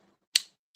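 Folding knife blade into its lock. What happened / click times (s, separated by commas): The folding blade snapped open and locked / 0.4 s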